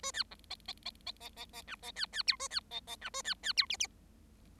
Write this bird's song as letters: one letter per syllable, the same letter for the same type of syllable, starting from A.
A B C D D D D D D D E D B B F A B D D E A B B F G G